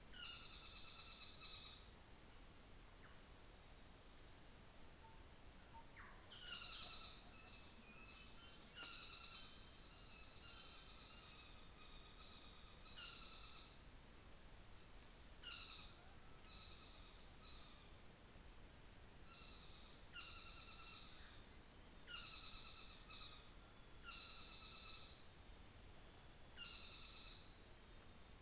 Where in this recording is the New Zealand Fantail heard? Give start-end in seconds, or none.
none